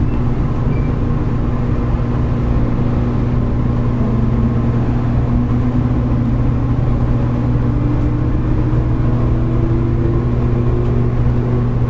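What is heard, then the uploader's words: Running sound inside a JR Kyushu 811 series local train on the Kagoshima line: a steady, dense low rumble with a constant hum. A faint tone slowly rises in pitch from about six seconds on, and the overall level stays even throughout. JR九州 811系 けやき台から鳥栖まで. JR九州 811系電車の走行音です。 鹿児島線の普通列車で録音しました。 It is running sound of JR Kyushu 811 series train. I recorded on a local train on the Kagoshima line.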